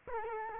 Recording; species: mosquito wingbeat signal from an infrared sensor; Culex quinquefasciatus